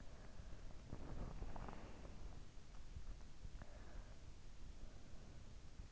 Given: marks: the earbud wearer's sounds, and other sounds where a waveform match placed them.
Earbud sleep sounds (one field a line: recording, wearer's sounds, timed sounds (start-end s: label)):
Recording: sounds in sleep by an in-ear microphone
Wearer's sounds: breath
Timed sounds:
0.00-3.35 s: breath
3.40-5.80 s: breath